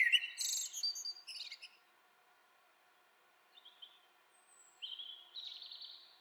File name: Turdus merula